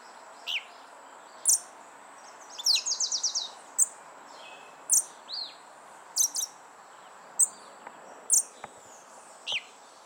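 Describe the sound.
Western red-legged thrush with sharp, high call notes and one quick rattled burst, repeated irregularly every second or so against a constant thin whine.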